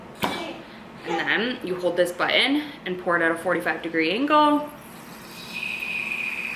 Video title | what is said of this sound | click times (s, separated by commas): DAYS IN MY LIFE - VLOG | so you press this in until you hear a click | 0.2 s